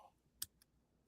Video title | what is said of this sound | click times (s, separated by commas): Ya NEED it !! - Episode 45 - New Micro Galaxy Squadron pick ups and more | that's great sound. It feels good. It's solid. It really clicks into place. | 0.4 s